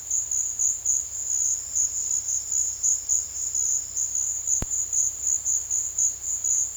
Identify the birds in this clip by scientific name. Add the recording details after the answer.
none. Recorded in dense forest near Puerto Asís, Putumayo, Colombia, on 18 February 2024 at 15:00. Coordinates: 0.485, -76.322. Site G6406